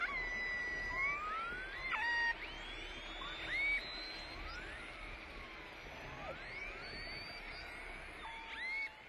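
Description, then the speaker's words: Killer whale calls: many overlapping whistles and pulsed squeals, rising and falling in quick sweeps, some sharply upswept, over a steady watery hiss. A pod of killer whales in northern Norway calling to each other while hunting; they coordinate their attacks by voice in dark waters. "This is the sound of a pod of killer whales in northern Norway calling out to each other while hunting."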